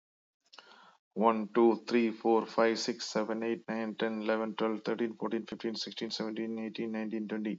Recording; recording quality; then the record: counting at a fast pace; excellent, no background noise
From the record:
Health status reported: exposed to COVID-19, no respiratory illness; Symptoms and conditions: none ticked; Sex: male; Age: 49 years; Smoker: not ticked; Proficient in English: yes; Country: United States